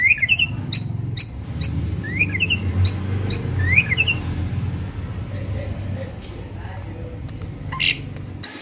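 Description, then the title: Asian pied starling song, short rising whistled notes repeated in quick bursts over a steady low hum, fading to faint scattered notes later. Tutor recording of jalak suren song, used to train birds that sing too little or are sluggish. "Masteran Jalak Suren Atasi Burung KURANG GACOR Dan LOYO"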